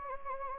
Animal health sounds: mosquito wingbeat signal from an infrared sensor; Anopheles gambiae

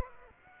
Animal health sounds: mosquito wingbeat signal from an infrared sensor; Aedes aegypti

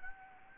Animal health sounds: mosquito wingbeat signal from an infrared sensor; Anopheles gambiae

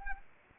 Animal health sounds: mosquito wingbeat signal from an infrared sensor; Anopheles arabiensis

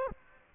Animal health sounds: mosquito wingbeat signal from an infrared sensor; Aedes aegypti

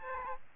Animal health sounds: mosquito wingbeat signal from an infrared sensor; Aedes aegypti

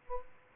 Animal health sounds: mosquito wingbeat signal from an infrared sensor; Aedes aegypti

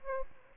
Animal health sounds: mosquito wingbeat signal from an infrared sensor; Aedes albopictus

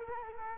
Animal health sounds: mosquito wingbeat signal from an infrared sensor; Culex quinquefasciatus

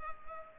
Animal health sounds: mosquito wingbeat signal from an infrared sensor; Culex pipiens

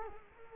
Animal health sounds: mosquito wingbeat signal from an infrared sensor; Culex quinquefasciatus

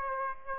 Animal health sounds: mosquito wingbeat signal from an infrared sensor; Aedes aegypti

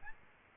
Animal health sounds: mosquito wingbeat signal from an infrared sensor; Aedes albopictus

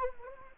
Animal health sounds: mosquito wingbeat signal from an infrared sensor; Anopheles gambiae

